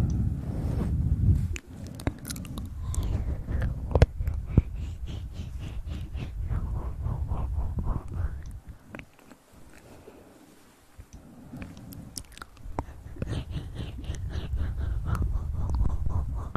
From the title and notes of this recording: TimASMR - The Most Stimulating Ear Massage Trigger.